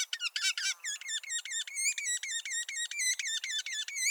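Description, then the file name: Red-naped sapsucker calls: a tight burst of higher squeaks, then a regular run of nasal, slightly down-slurred notes, roughly four per second. "Red-naped Sapsucker - Sphyrapicus nuchalis"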